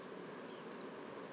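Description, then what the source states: Tree pipit calls: two brief, thin, high notes about a quarter second apart, over a faint steady background hiss. Tree pipits recorded at Portland on 16 August 2021; a double call.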